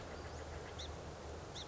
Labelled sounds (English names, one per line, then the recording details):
Song Sparrow
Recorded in Sonoma County, California